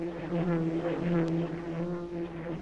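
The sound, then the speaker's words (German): A dragonfly buzzes as it wakes and stretches its body, in a steady, low droning hum that holds an even pitch and a fairly loud level for the whole stretch, with a faint wavering in its tone and no voices. “Es summt und der Körper streckt sich.”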